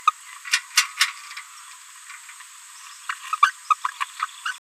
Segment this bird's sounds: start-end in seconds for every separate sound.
0.07-0.12, 0.46-0.60, 0.77-0.86, 0.98-1.10, 3.09-3.14, 3.42-3.52, 3.70-3.75, 3.84-3.91, 4.01-4.04, 4.19-4.26, 4.45-4.53